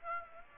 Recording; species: mosquito wingbeat signal from an infrared sensor; Aedes aegypti